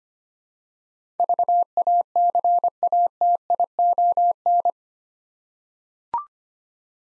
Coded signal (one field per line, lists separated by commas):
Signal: Morse code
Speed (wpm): 25 wpm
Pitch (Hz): 700 Hz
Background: none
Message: VACATION